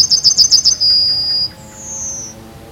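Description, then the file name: Yellowhammer song: six rapid, sharp, high notes lead into a sustained thin note, followed by a second, higher, slightly falling drawn-out note. "Zigolo Giallo"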